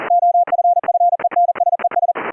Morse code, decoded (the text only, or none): OFFENSES